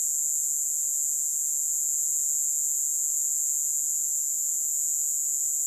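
Cicada buzzing call, a continuous high, shrill drone that holds steady throughout with no breaks.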